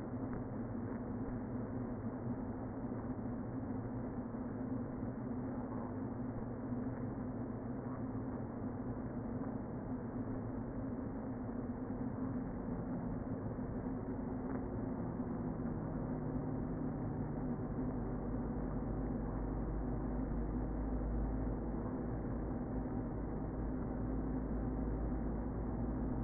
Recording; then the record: honeybee colony, microphone inside the hive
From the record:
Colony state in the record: queen present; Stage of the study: before two queens were removed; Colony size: about 60,000 bees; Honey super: yes